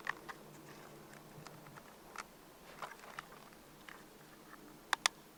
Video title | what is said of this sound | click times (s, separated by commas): UNBOX, BUILD and FLY ! QIDI 580 Cirrus SR22 2.4G 4CH 520mm Wingspan Brushless RTF RC Airplane | Just a little bit of pressure on either side and you'll hear it click back in place. | 4.9 s, 5.1 s